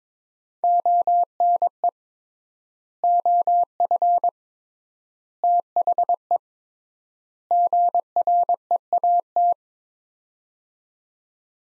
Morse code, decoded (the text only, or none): ONE OF THE GREAT